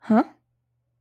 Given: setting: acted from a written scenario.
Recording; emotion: vocal sound without words; interest